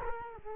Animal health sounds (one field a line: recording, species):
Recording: mosquito wingbeat signal from an infrared sensor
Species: Culex quinquefasciatus